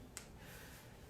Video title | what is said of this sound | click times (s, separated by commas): Live Q&A about our first 3 weeks of using the BionicGym | Got my BionicGym. You have to hear the click, by the way. | 0.2 s